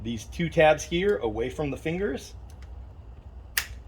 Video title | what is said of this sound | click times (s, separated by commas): DYNOJET PV3 MOUNTING OPTIONS | Snap it in place. You should hear it snap in. You should be able to give it a tug. It's on there snug. | 3.6 s